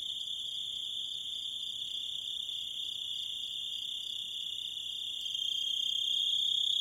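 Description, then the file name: Grasshopper trilling steadily in a high, thin continuous buzz that grows noticeably louder over the final seconds. "zvuki kuznechika"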